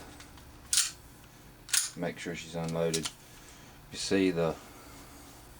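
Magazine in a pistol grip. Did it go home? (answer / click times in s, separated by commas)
released / 0.7 s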